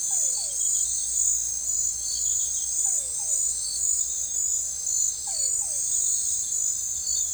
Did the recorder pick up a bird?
no